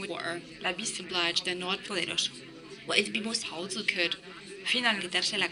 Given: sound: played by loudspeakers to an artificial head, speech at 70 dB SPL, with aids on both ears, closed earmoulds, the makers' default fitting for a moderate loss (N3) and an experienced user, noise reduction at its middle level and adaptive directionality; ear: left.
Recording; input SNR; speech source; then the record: speech test signal (ISTS) in cocktail-party noise; +6 dB; in front (0 degrees)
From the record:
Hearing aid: class 2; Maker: B